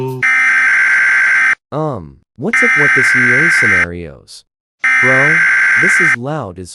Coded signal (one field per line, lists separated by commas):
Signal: Emergency Alert System (SAME) tones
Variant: header bursts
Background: speech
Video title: EAS scenario - Grimace shake but text to speech